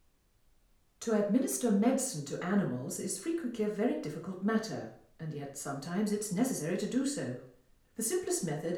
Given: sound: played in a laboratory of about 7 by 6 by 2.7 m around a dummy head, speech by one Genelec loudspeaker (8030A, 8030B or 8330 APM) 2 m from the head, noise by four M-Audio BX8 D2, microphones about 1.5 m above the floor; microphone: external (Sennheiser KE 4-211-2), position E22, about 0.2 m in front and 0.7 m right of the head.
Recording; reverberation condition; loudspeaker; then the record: female speech in English; medium; 30 degrees to the left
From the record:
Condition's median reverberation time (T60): about 510 ms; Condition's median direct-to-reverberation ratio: about -0.5 dB